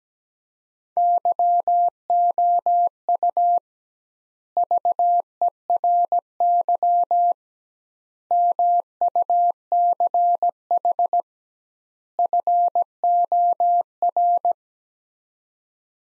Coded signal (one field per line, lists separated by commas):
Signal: Morse code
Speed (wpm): 17 wpm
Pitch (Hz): 700 Hz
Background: none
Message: YOU VERY MUCH FOR